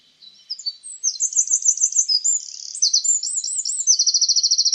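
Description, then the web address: Bird song, loud and high: a rapid run of varied whistled and sweeping notes, with short trilled bursts, closing in a fast steady trill. "Bird Only"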